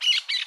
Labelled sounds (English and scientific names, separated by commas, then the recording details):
Brown-throated Parakeet (Eupsittula pertinax) contact call
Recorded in Curacao
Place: Hoffi Jan Thiel
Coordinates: 12.094, -68.877